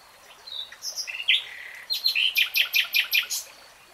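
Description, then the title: Nightingale song: a few varied notes, then a run of about eight loud, evenly spaced repeated notes. Three-hour real-time recording. "[Tiếng chim hót] REALTIME Nightingale Singing"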